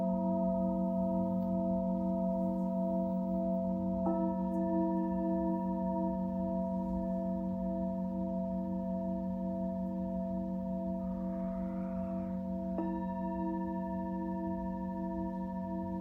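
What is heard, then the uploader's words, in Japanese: A singing bowl hums steadily with layered ringing tones, struck again around four and thirteen seconds, over a low, rumbling drone. 10分間のシンギングボウルライブ。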